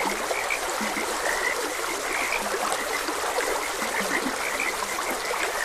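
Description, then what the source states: Several frogs croak, overlapping, beneath the steady hiss and trickle of running water. Frogs croaking beside a gentle stream.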